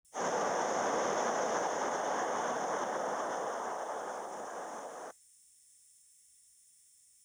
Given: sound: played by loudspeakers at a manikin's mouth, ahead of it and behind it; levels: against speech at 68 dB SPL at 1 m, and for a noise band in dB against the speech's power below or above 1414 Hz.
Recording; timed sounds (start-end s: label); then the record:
test signals for a remote microphone
0.11-5.11 s: speech-spectrum noise from the mouth, +10 dB
From the record:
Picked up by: remote microphone B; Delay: 24 ms